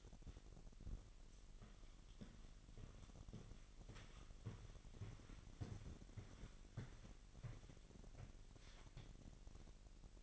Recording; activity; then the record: daily activity, microphone in the room; walk to room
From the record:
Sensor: 4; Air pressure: 1013.0 hPa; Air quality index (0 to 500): 244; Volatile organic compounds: 4 ppm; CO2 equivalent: 1626 ppm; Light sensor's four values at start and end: 36/86/35/35 and 35/83/34/34